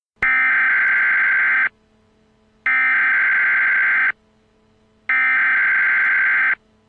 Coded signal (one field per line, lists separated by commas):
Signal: Emergency Alert System (SAME) tones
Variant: header bursts